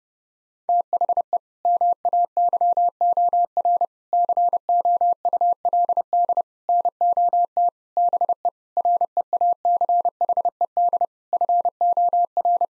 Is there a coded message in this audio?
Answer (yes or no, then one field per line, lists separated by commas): yes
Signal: Morse code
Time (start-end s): 0.7-12.7 s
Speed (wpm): 30 wpm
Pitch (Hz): 700 Hz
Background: none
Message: THE MAYOR COULD NOT BE REACHED FOR